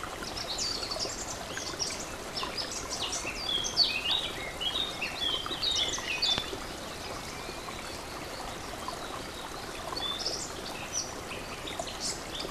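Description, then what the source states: Warbler song in rapid high twittering phrases, bursts of quick chirps with short pauses, over a steady rushing stream. Warbler beside a stream, recorded 24 04 15 on an MZ-N 710 recorder.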